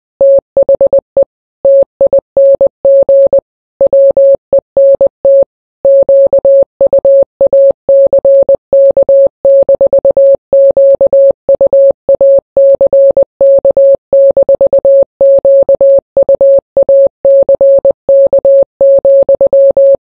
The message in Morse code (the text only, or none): THE TING WENT QUACK-QUACK-QUACK,